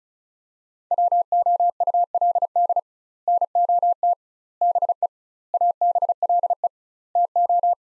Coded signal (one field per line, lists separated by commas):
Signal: Morse code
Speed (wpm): 36 wpm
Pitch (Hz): 700 Hz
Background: none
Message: WOULD NOT BE ABLE TO